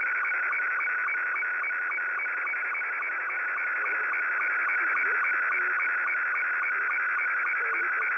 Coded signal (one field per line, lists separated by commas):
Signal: SSTV (slow-scan television)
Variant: Scottie 2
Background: speech